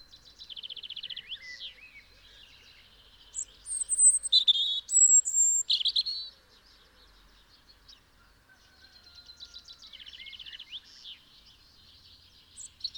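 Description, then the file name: European robin song in bursts of high trills and piercing whistled notes, louder in the middle, with quieter trilled passages before and after and faint background hum. "Erithacus rubecula"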